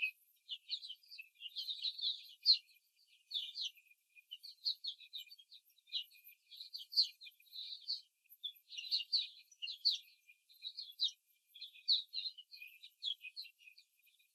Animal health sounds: young laying hens in a cage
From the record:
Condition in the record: before the stressor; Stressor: simulated dog barking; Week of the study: 3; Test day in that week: 2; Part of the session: 1

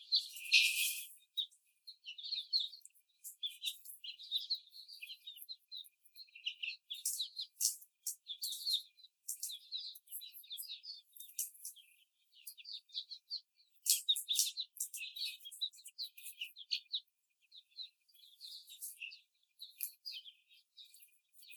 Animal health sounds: young laying hens in a cage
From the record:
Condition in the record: before the stressor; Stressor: simulated dog barking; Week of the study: 4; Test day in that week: 1

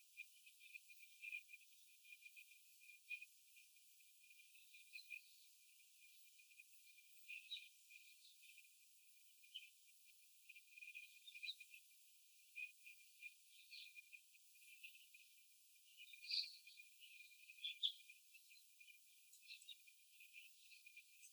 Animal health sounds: young laying hens in a cage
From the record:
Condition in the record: before the stressor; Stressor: sudden umbrella opening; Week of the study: 3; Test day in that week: 2

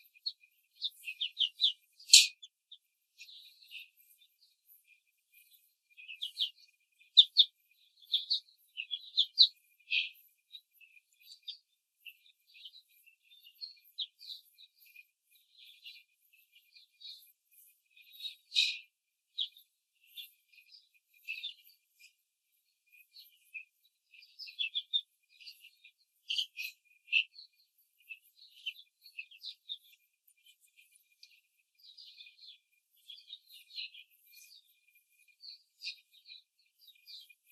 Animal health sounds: young laying hens in a cage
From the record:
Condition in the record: control cage, before the stress test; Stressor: none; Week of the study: 4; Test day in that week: 1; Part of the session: 1

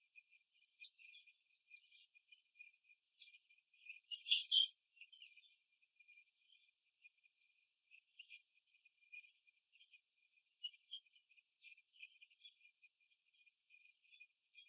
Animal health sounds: young laying hens in a cage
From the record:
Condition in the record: before the stressor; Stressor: simulated dog barking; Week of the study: 3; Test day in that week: 1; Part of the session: 1

